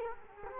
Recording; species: mosquito wingbeat signal from an infrared sensor; Culex quinquefasciatus